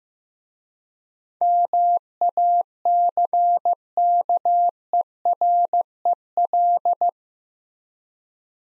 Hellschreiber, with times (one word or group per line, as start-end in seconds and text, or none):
none